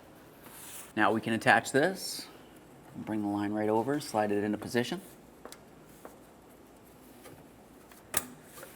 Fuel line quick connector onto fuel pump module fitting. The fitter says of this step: for a click from that double check to make sure it is properly secured